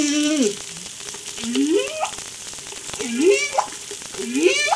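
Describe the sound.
Whale calls: several moaning notes, the first falling and the rest sweeping up in pitch, repeated about every one and a half seconds, over a steady background of crackling, snapping clicks.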